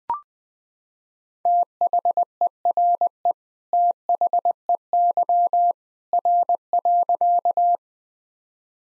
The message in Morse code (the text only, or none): THERE THEY R.